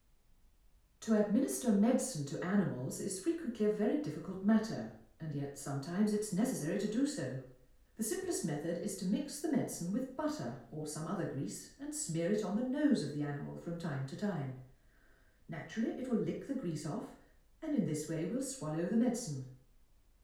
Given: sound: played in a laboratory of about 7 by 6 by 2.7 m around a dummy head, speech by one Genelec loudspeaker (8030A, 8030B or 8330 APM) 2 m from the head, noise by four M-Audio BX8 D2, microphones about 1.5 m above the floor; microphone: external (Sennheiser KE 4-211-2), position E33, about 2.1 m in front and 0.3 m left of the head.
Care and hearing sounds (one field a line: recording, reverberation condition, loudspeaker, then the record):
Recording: female speech in English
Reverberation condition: medium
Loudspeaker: 120 degrees to the right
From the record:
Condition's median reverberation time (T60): about 510 ms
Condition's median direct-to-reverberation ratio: about -0.5 dB